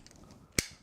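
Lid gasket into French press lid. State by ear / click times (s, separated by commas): seated / 0.6 s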